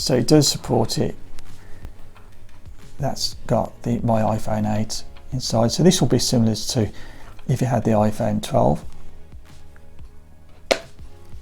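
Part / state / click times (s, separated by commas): magnetic wireless charger puck onto phone case back / seated / 10.7 s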